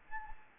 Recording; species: mosquito wingbeat signal from an infrared sensor; Anopheles gambiae